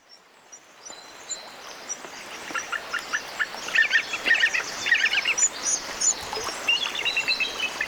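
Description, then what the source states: Bald eagle calls, faint high chittering notes that grow louder and come in quick bursts through the second half, over a soft background hiss. Fledgling learning to fish for salmon near Glacier Bay, Alaska.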